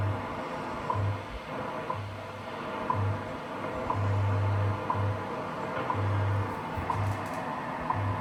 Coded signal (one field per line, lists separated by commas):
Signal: radio time signal